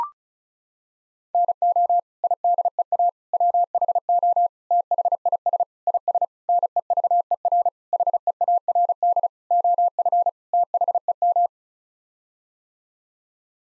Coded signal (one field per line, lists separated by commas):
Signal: Morse code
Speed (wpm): 36 wpm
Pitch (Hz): 700 Hz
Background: none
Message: NO IDEA WHO THIS IS NEVER HEARD OF THEM